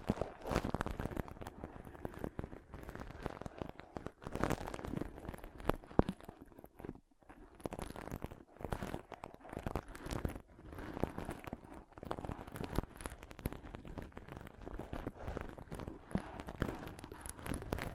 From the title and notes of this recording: ASMR Ultimate Pom Pom Tingles (No Talking).